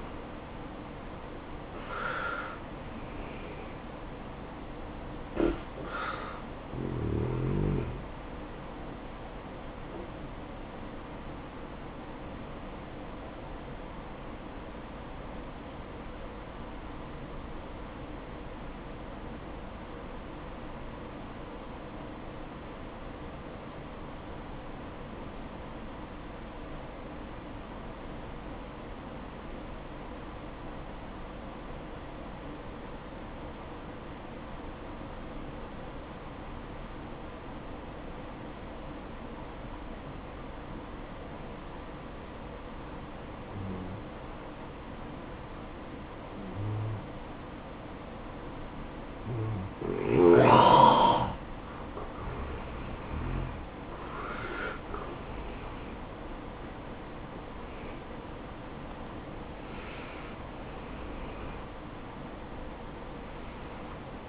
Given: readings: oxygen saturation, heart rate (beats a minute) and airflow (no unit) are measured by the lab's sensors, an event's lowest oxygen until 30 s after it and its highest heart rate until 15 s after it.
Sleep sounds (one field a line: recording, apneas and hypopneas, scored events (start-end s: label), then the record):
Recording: breathing in sleep by a voice recorder at the bedside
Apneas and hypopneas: 1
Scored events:
7.00-37.00 s: new sleep stage, N1 (lightest sleep)
18.00-52.60 s: obstructive apnea (N1, oxygen 96% highest, then 84% lowest, heart rate 62 at the start, 77 highest)
37.00-64.29 s: new sleep stage, N2 (light sleep)
From the record:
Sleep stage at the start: N2 (light sleep)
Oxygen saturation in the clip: 84 to 96%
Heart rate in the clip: 59 to 77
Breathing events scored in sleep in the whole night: 573 in 9.8 hours asleep